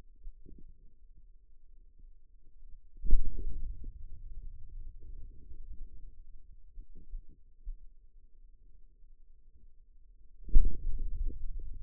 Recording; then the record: forearm muscle sounds (acoustic myography)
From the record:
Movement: hand opening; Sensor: system 2, bracelet of six BSWA MPA416 microphones around the upper forearm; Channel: 5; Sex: male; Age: 22 years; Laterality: right